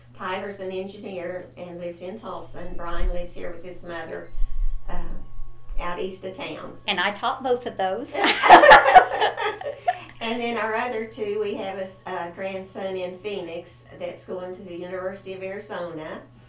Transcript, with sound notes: Tyler's an engineer and lives in Tulsa and Brian lives here with his mother out east of town.
And I taught both of those.
(Laughter) And then our other two, we have a grandson in Phoenix that's going to the University of Arizona,